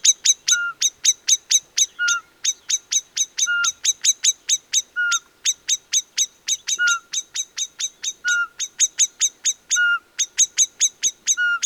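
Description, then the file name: Common blackbird delivering steady runs of clipped metallic chinks, broken every couple of seconds by a brief, lower, down-slurred whistle. "Turdus merula"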